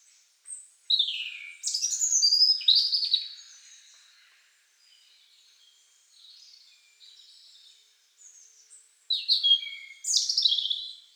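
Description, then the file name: European robin song: several high warbled phrases mixing trills and thin whistles, with softer notes between louder bursts. "Erithacus rubecula"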